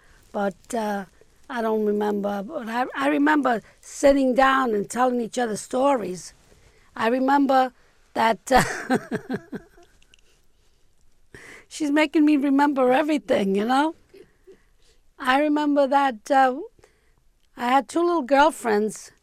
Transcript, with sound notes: But I don't remember, I remember sitting down and telling each other stories. I remember that, ( she laughs ) she's making me remember everything, you know. I remember that I had two girlfriends